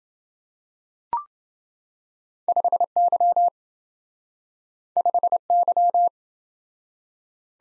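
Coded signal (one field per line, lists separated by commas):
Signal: Morse code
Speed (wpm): 27 wpm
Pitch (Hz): 700 Hz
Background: none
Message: 5Y 5Y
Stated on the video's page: Morse practice drill of two letter-number combinations, starting fast and slowing to a 20 wpm base, with a final repeat at maximum speed.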